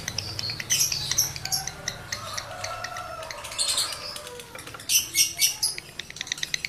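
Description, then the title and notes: Lovebird song: twittering and clicking chatter with shrill bursts, closing with several loud rasping squawks. Male lovebird in breeding condition; the song is used as a lure to stimulate other lovebirds to sing. "Birahi Lovebird Jantan ke Gacor. Pancingan Suara Lovebird jantan birahi"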